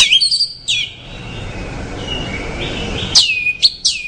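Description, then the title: Orange-headed thrush delivering sweet, downward-slurred whistles and a few sharp high notes. "Anis Merah"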